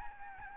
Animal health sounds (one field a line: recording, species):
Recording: mosquito wingbeat signal from an infrared sensor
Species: Aedes albopictus